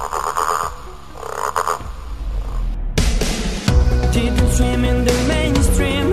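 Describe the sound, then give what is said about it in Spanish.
A frog croaks in a few rhythmic, buzzy bursts, then a bright, busy musical passage takes over and continues to the end. No one speaks. “La rana.”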